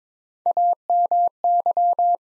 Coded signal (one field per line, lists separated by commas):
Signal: Morse code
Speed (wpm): 22 wpm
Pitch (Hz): 700 Hz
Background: none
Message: AMY